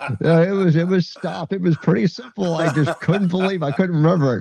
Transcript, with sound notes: Yeah, it was, it was stuff. It was pretty simple. (laughs) I just couldn't believe I couldn't remember it.